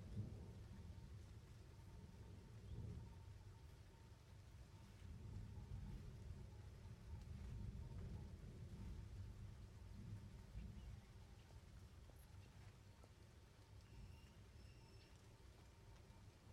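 A rainstorm in the French Alps, recorded from a window of a home: steady, dense rain hiss with a deep rumbling low end that swells around three and eight seconds like rolling thunder. A faint steady tone hums underneath, and a few brief high chirps appear near the end.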